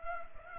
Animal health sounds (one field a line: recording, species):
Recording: mosquito wingbeat signal from an infrared sensor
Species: Culex pipiens